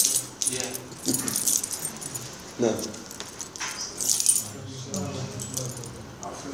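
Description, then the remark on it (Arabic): Keys jangle in a few bright, metallic bursts, one early and another later, with a man's voice speaking intermittently underneath. “وهذا أيضا أنا بجوار المفاتيح.”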